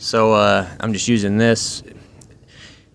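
A man talks as a click-type torque wrench tightens the metal water pump bolts on the 1.8L engine of a 2020–2024 Toyota Corolla. A single sharp click sounds at 2.2 seconds, showing the bolt has reached the proper torque setting.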